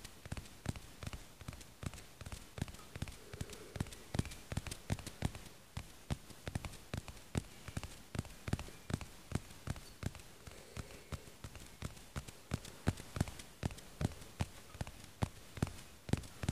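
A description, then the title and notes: Fast, aggressive tapping fills the whole recording, sharp clicks coming several times a second in an uneven, busy rhythm. Each tap is crisp, ringing from deep thuds up to bright ticks, over a quiet, steady hiss. Tapping ASMR (aggressive).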